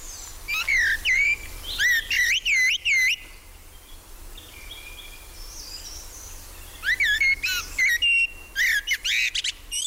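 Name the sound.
blackbird song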